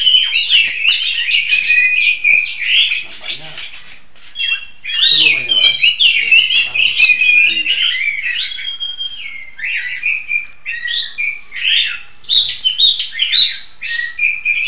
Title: Kicau Burung Pentet